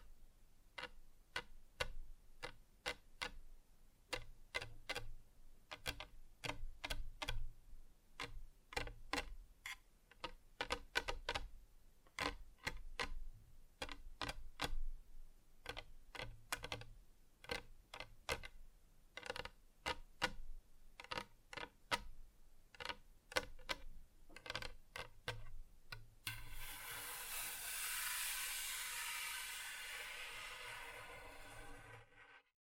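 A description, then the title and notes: Tapping on hard surfaces, a quick run of sharp, clicky strikes in uneven bursts, some rapid like typing, others spaced out. Around 26 seconds the taps give way to a bright, steady hiss that fades before cutting off at the end. ASMR Just Tapping (Different Surfaces No Talking).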